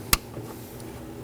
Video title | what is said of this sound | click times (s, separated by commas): How to Replace High Beam Bulbs 2013-2019 Nissan Sentra | Make sure you hear an audible click. | 0.1 s